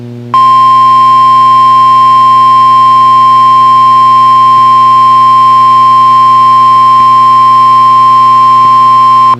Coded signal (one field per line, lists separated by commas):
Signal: Emergency Alert System (SAME) tones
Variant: 1050 Hz attention tone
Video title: Weeklies + One single CAE (EAS 631-643)